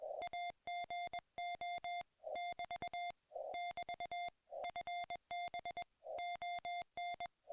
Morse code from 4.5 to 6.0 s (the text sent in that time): FB